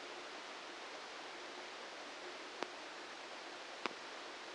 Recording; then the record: brain microelectrode recording played as sound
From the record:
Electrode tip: outside the subthalamic nucleus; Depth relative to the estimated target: -8 mm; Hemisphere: left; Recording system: NeuroSet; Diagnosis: Parkinson's disease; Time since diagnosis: 8 years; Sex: male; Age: 58 years